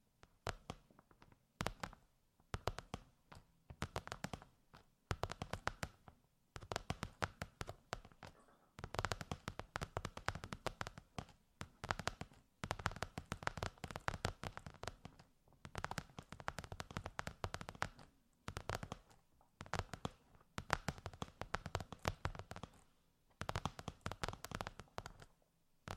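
Intense ear massage sounds: dense bursts of sharp crackling and rubbing, packed with quick clicks from low to bright. The bursts come in clusters of a second or two, separated by brief near-silent gaps, with the longest run around 9 to 12 seconds.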